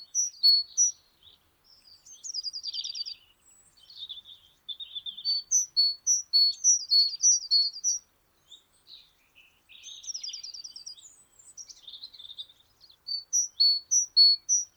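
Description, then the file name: Great tit calling, sharp high two-note phrases alternating high and lower, repeated in bursts, mixed with rattling chatter and softer buzzy notes between phrases. "Parus major"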